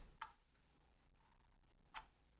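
The built-in spring-loaded 45 rpm adapter in the centre of the platter of a 1962 Empire 208 turntable, fitted with a 1971 SME 3009 arm, is released and pops up with a single sharp, bright tick at 0.2 s. A second similar tick follows near 2.0 s over a quiet, low background.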